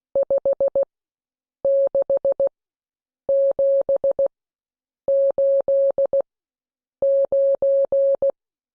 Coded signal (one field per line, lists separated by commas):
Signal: Morse code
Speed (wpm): 16 wpm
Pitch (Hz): 550 Hz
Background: none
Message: 56789